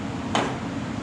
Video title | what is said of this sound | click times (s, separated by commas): 1969 Camaro LED Light+Halo Light Conversion | and then it locks in place | 0.4 s